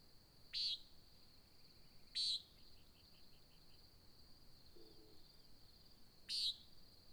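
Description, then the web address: Nighthawk calling with brief buzzy nasal notes, two in quick succession and a third after a four-second pause, against a continuous high-pitched insect drone. American desert in Oregon, recorded at dawn in July 2017; described as a nighthawk competition. "GDC 2018-Game Audio Bundle Discover Oregon - American Desert Birds Nighthawk 2017 Sutton July Dawn Nighthawk Competition"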